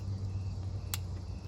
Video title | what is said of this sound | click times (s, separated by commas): 2001 Camaro SS Turbo Build pt.15/Rebuilding the LQ4! | heard that click | 0.9 s